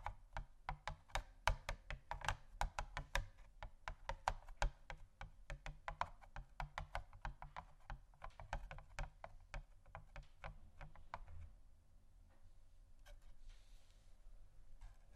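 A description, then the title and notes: Gentle tapping on assorted objects, a quick irregular patter of crisp little clicks and taps. The taps come densely for about the first eleven seconds, then thin out to sparse, softer touches over a low steady hum. ASMR Gentle Tapping Assortment (No Talking).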